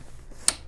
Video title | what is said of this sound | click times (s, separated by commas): Quick Installation - Vicon's Valerus 1U Server / Vicon Valerus 1U Shadow | just slip it in till it clicks, | 0.5 s